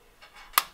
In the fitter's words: it locks into place